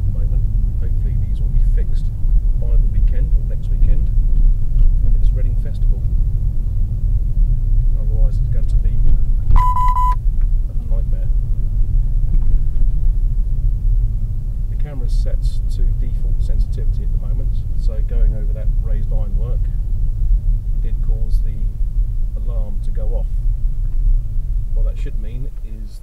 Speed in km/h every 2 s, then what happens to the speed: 24, 23, 23, 23, 19, 21, 21, 21, 21, 19, 16, 15, 0.
0-18 steady at about 21. 18-24 slows to 0.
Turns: none.